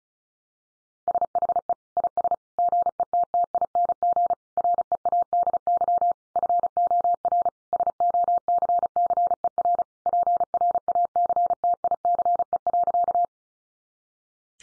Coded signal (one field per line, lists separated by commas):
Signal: Morse code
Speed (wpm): 34 wpm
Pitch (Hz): 700 Hz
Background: none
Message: SHE IS GETTING READY FOR SOCCER PRACTICE.